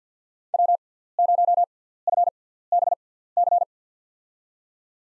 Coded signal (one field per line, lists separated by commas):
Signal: Morse code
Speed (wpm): 50 wpm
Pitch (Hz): 700 Hz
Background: none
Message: W0FBC